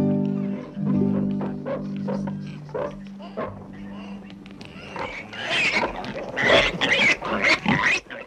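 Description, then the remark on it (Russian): Pigs grunt and snort in a rough, irregular series, the noisy bursts growing louder and busier toward the end, with a low steady hum underneath at the start. “Кабы святой Витольд поразил проклятьем этих поганых свиней.”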